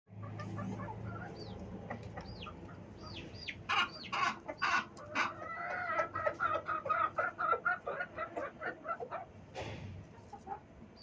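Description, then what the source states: Chickens clucking in a rapid, rhythmic run of harsh notes, with high, thin, falling peeps scattered over low background rumble. In a chicken coop.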